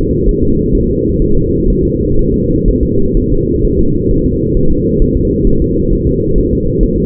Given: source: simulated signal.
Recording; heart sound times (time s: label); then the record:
fetal heart sounds
0.29 s: S1
0.43 s: S2
0.75 s: S1
0.90 s: S2
1.22 s: S1
1.37 s: S2
1.70 s: S1
1.85 s: S2
2.19 s: S1
2.34 s: S2
2.68 s: S1
2.83 s: S2
3.17 s: S1
3.32 s: S2
3.65 s: S1
3.80 s: S2
4.11 s: S1
4.26 s: S2
4.57 s: S1
4.72 s: S2
5.02 s: S1
5.17 s: S2
5.47 s: S1
5.62 s: S2
5.93 s: S1
6.07 s: S2
6.38 s: S1
6.53 s: S2
6.83 s: S1
6.98 s: S2
From the record:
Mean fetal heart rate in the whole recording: 130 bpm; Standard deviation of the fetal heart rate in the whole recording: 4 bpm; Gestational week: 38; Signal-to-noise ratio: -16.4 dB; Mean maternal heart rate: 72 bpm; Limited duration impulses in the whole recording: present